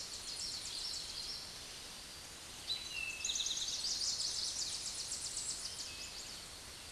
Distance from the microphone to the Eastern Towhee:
about 40 m